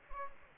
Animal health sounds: mosquito wingbeat signal from an infrared sensor; Aedes aegypti

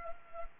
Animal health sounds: mosquito wingbeat signal from an infrared sensor; Culex pipiens

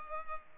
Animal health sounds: mosquito wingbeat signal from an infrared sensor; Culex pipiens

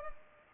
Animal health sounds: mosquito wingbeat signal from an infrared sensor; Culex pipiens

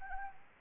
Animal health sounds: mosquito wingbeat signal from an infrared sensor; Anopheles arabiensis

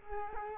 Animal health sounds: mosquito wingbeat signal from an infrared sensor; Culex quinquefasciatus

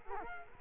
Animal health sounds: mosquito wingbeat signal from an infrared sensor; Culex quinquefasciatus

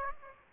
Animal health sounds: mosquito wingbeat signal from an infrared sensor; Aedes aegypti

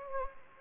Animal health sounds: mosquito wingbeat signal from an infrared sensor; Anopheles gambiae

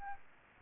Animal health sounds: mosquito wingbeat signal from an infrared sensor; Aedes albopictus

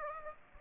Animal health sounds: mosquito wingbeat signal from an infrared sensor; Aedes aegypti

